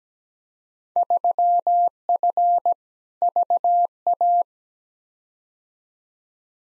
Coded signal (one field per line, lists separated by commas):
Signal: Morse code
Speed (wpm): 17 wpm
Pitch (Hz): 700 Hz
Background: none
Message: 3F VA